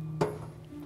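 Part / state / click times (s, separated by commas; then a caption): water hose quick-connect fitting into the coffee brewer water inlet / seated / 0.2 s. A water line quick-connect valve fitting is pushed into the water inlet socket on a coffee brewer and snaps in with a sharp click at 0.2 s. A softer tick follows at 0.9 s over a steady low hum, and the water connection is seated and confirmed.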